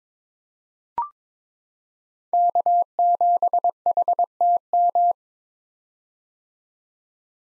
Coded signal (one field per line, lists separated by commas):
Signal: Morse code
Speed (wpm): 22 wpm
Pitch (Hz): 700 Hz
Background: none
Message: K7HTM